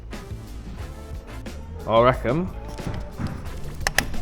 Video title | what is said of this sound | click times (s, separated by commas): IT WAS ALL GOING WRONG THIS WEEK repairing & maintaining CARS isn’t always EASY MECHANICS VLOG | Oh yeah. Nice positive click | 3.9 s, 4.0 s